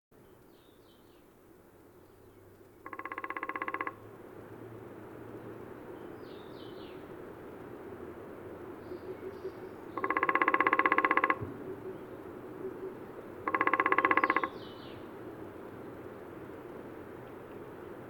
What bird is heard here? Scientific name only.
Dendrocopos minor